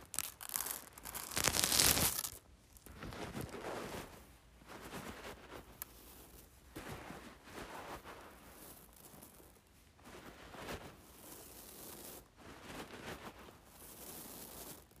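Rice being played with, shuffled and poured in dense, gritty rustling that swells and fades in uneven bursts. The loudest, brightest rush comes in the first two seconds. After that the rustling settles lower, with short, sharper surges near 4, 7, 10 and 12 seconds.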